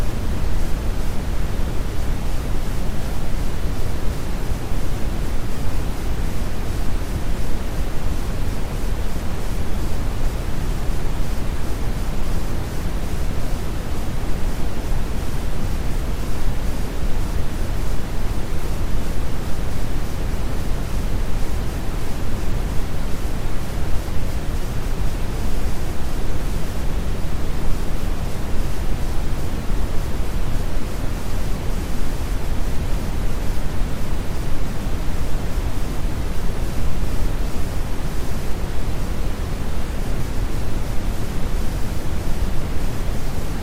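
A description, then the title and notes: Steady static hiss runs unchanged for the whole clip, dense and even, heaviest in the low rumble with a softer bright fizz above. Static Noise for 10 Hours. Soothing static noise.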